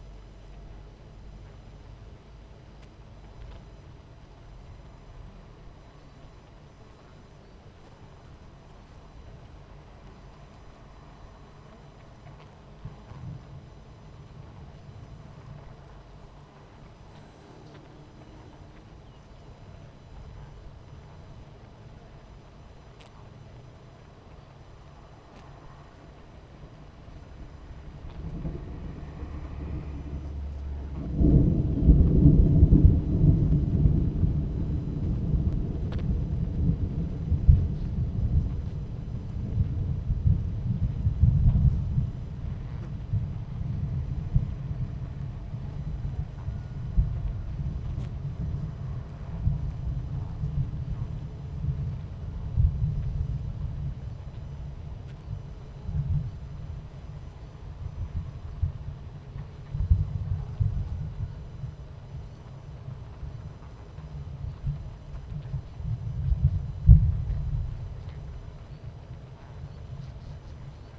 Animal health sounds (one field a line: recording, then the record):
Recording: honeybee colony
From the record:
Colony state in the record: missing queen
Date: 14 July 2017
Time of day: 11:25